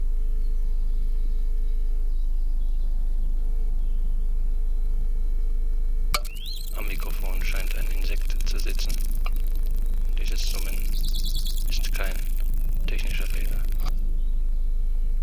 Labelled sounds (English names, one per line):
Western Bonelli's Warbler